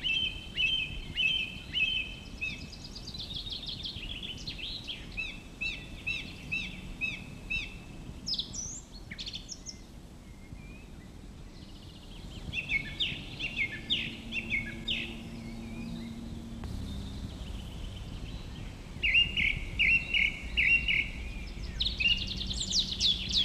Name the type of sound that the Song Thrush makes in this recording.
song